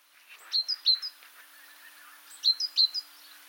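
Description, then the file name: Great tit calling: two quick bursts of three or four high, thin, downward-flicking notes, about two seconds apart, over a steady faint hiss. "Parus major"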